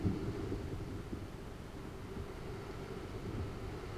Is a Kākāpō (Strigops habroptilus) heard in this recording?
no